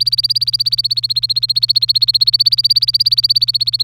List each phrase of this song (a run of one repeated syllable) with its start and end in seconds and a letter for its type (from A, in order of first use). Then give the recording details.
0.00-3.83 A. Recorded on 27 April 2018 at 13:34. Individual llb3